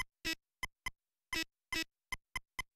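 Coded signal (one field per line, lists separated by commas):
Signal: none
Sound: game's beeping sound effects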